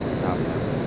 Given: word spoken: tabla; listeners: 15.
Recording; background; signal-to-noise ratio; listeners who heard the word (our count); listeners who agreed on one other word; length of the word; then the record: one Spanish word in noise, from a listening test; speech-shaped noise; -5.7 dB; 1 of 15; 8 of 15; 0.47 s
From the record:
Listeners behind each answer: 8, 1, 1, 1, 1, 1, 1, 1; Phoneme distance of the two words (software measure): 7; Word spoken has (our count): 2 syllables, 5 phonemes, stress on syllable 1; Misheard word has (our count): 2 syllables, 4 phonemes, stress on syllable 1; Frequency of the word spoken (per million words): 45.53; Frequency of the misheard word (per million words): 108.79